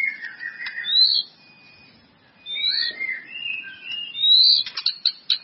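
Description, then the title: White-rumped Shama song: clear drawn-out whistles that rise and fall, followed by a few sharp clicking notes near the end. "murai batu"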